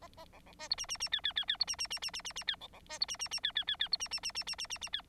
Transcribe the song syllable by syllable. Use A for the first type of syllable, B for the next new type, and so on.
A A B B C D E E E F F F F D E E E E E E E F B B C D E E E F F F F D E E E E E E E E F